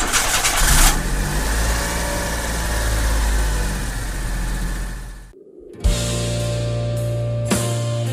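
A car engine roars steadily, cuts out briefly, then turns over and catches again with a sharp jolt, settling into a loud, humming idle with a low, even drone.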